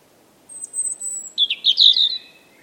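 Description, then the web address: European robin song: a long very high thin whistle, then a quick jumble of bright warbled notes falling into a steady lower whistle. "Deverinetal 2025 File origin Bird Only Er Ru"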